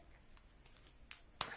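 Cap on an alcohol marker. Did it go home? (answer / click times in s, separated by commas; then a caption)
released / 1.4 s. A plastic cap is pulled off an alcohol marker, which can be hard to open. After a few faint, soft rustles and a sharp tick at 1.1 s, the cap comes free with a loud, sharp pop at 1.4 s.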